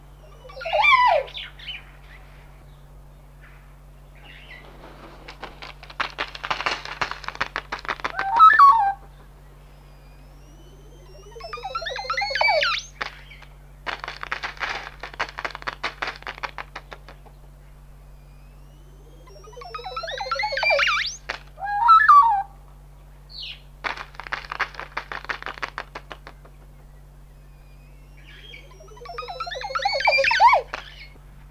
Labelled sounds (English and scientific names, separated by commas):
Montezuma Oropendola (Psarocolius montezuma) call